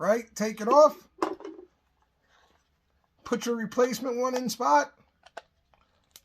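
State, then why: Seated. Someone talks while a replacement blade cartridge is fitted onto the head of a Skull Shaver electric shaver. After a pause, short latch clicks sound at 5.4 s and 6.2 s as the cartridge locks into place and is seated.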